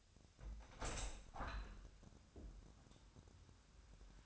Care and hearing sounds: daily activity, microphone in the room; open window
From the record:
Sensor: 2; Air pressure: 1006.3 hPa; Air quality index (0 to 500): 190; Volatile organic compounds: 11 ppm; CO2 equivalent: 2316 ppm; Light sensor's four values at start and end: 8/20/8/8 and 9/21/9/9

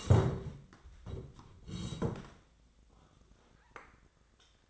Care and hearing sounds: daily activity, microphone in the room; sit down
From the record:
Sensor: 3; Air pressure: 1012.3 hPa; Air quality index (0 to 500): 177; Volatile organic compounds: 3 ppm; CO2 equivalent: 1358 ppm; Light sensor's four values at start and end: 67/158/74/80 and 65/159/72/80

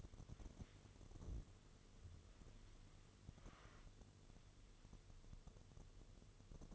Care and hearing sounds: daily activity, microphone in the room; wipe stove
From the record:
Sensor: 4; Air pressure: 1015.9 hPa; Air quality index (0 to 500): 106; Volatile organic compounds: 2 ppm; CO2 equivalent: 1190 ppm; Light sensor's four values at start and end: 8/19/7/7 and 9/19/7/7

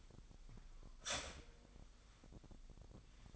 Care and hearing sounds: daily activity, microphone in the room; start toaster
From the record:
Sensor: 5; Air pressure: 1002.0 hPa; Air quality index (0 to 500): 204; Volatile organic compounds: 18 ppm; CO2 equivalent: 2636 ppm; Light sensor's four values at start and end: 34/109/42/44 and 34/109/42/44

